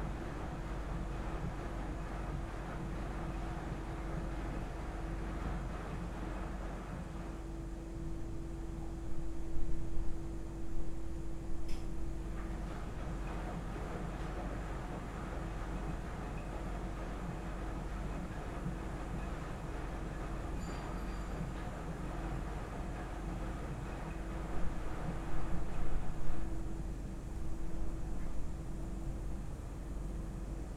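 Inside a laundromat in Osaka, machines keep up a steady low rumble with a constant hum running underneath. The churning swells louder twice, around ten seconds and again near twenty-six seconds, with a few faint clicks and clinks scattered over the drone.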